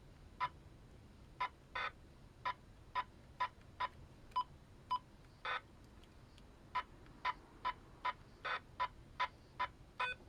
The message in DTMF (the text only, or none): none